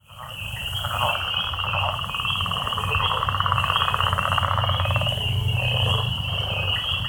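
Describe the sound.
A frog chorus fades in quickly, then keeps up a rapid pulsing trill under a constant shrill whine, with a low droning hum below.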